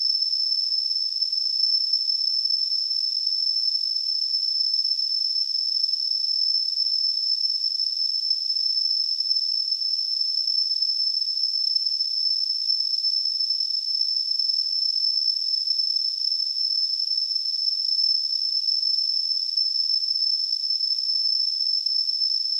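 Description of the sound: Simulated tinnitus: a steady, unbroken high-pitched ringing tone near 5.5 kHz over a faint high-frequency hiss, with nothing below about 2 kHz, at an even loudness throughout.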